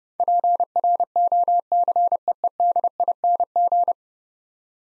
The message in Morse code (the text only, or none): PROCEEDING